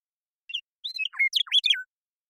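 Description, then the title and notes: Western meadowlark song: a few clear whistled notes sliding into a rapid, jumbled, gurgling flourish that ends on a falling whistle. Song, contact calls and flush; Pacific Northwest, Washington, United States. "Western Meadowlark, Sturnella neglecta, song, contact calls, and flush, family: Troupials and Allies Pacific Northwest in Washington, United States"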